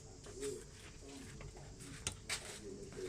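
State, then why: Torque reached. A click-type torque wrench is pulled by a scale hooked on its handle after its adjusting screw has been turned, and it gives a sharp click at 2.1 s. The pull reads about 2.6 kg and the result is judged acceptable. Soft cooing and low background sound run underneath.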